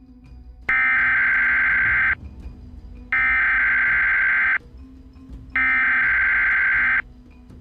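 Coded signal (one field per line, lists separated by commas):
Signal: Emergency Alert System (SAME) tones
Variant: header bursts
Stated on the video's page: A fictional scenario whose tones were taken from other creators.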